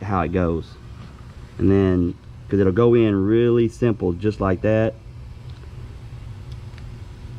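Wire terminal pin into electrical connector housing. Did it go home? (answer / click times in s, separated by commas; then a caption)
yes / 6.8 s. Someone talks while a wire terminal pin is pushed into a plastic wiring connector housing, which fits only one way, during an N2MB WOT box install on a 2012 GT500. After the talking stops, faint handling sounds follow, and the pin locks into the connector with a small click at 6.8 s, seated.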